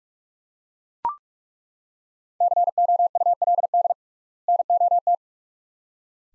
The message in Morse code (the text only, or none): COULD NOT